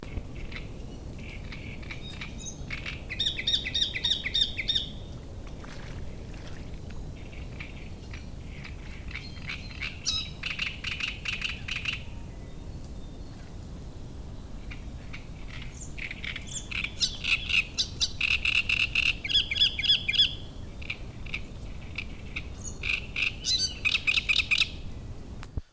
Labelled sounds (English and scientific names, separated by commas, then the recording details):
Great Reed Warbler (Acrocephalus arundinaceus)
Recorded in the wild
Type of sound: song, call, call sequence, twittering
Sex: male
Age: adult
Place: Müggelsee, Berlin, DE
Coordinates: 52.43, 13.64
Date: 1989-05-13
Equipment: Uher 4400 Report Monitor, Sennheiser ME 80, K 30 AV
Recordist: Fischer, Stefan
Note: Südufer des Müggelsees: Gesang